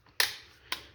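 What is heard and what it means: The release button under an S&T Kar98k airsoft bolt-action rifle is pressed and the magazine is pulled out. A loud, sharp click sounds at 0.2 s, followed by a second, softer click at 0.7 s. The magazine is released from the rifle.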